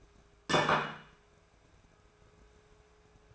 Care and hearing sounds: daily activity, microphone in the room; place plate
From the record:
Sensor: 2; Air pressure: 1014.9 hPa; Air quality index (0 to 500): 206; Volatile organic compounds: 21 ppm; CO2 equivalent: 2718 ppm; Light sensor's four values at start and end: 17/39/18/20 and 15/35/16/18

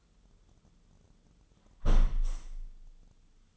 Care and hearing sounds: daily activity, microphone in the room; close window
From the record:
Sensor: 4

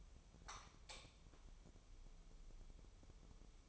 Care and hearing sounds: daily activity, microphone in the room; light on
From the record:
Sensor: 1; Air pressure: 988.4 hPa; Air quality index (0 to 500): 198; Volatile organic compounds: 1000 ppm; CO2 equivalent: 5300 ppm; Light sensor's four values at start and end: 8/21/8/9 and 8/21/8/9

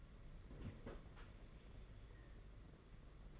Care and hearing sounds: daily activity, microphone in the room; open fridge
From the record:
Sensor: 4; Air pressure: 992.7 hPa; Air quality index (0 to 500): 166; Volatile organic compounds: 225 ppm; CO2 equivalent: 4292 ppm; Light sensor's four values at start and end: 19/67/25/25 and 19/67/25/25

